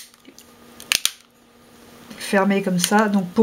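A plastic back housing is pressed with some force onto a Galaxy Spica phone body, and its clips snap in with two sharp, loud clicks at 0.9 s and 1.1 s. The housing is seated and closed, and then someone talks.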